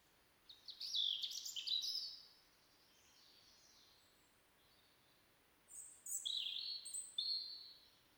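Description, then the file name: European robin song: a burst of high, jumbled twittering, several seconds of quiet, then a second series of thin whistled notes. "Erithacus rubecula"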